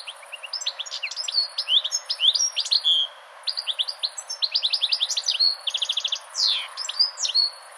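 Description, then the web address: European goldfinch song, a fast tinkling twitter of liquid chirps with buzzy trills and some drawn-out notes, in bursts with a short pause near three seconds. "chant Chardonneret"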